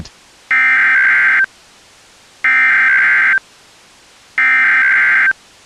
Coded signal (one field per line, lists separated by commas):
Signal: Emergency Alert System (SAME) tones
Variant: header bursts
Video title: Nature's Revenge - An EAS Scenario